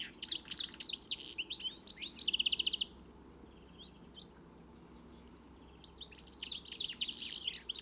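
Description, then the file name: European greenfinch twittering calls, dense bursts of high chirps and trills, a quieter gap near the middle, then renewed rapid twittering with a brief sustained whistled note. "Chloris chloris"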